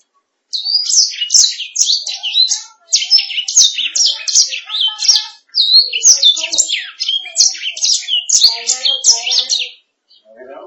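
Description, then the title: Canary delivering a long, dense song of rapid high chirps and buzzy warbles, with brief breaks between phrases and faint low sounds underneath. "BM Suara Kenari"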